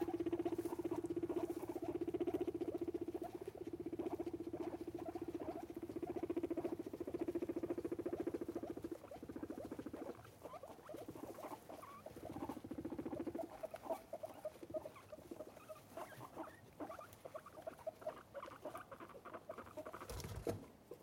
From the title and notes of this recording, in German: Meerschweinchen machen sehr, sehr seltsame Geräusche. Hab' ich einmal eine OutsideSounds-Episode drinnen aufgenommen.